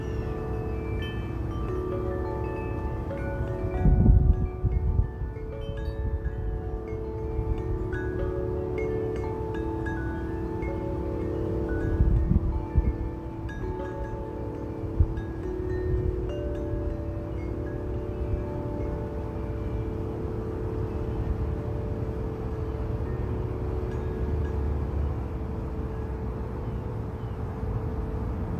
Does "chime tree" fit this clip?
yes